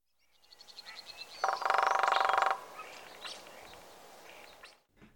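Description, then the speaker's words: Northern Flicker drumming: faint spaced taps building into a fast, even roll of about a second, followed by softer background hiss. Drums on objects to declare its territory; recording from Xeno-Canto by Peter Ward and Ken Hall. "it does still drum on objects to declare its territory."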